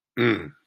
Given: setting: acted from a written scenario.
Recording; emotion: vocal sound without words; desire